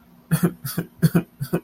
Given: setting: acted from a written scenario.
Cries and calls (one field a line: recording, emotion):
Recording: vocal sound without words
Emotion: sadness